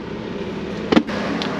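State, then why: Seated. A replacement comfort seat, swapped in because the old one doesn't work well on long rides, is pressed down with the knees onto the seat mounts of a Can-Am Ryker motorcycle. Over a steady background hum, sharp snaps are heard at 1.0 s and 1.4 s. The seat snaps into place with a little pressure, maybe too much, and is installed.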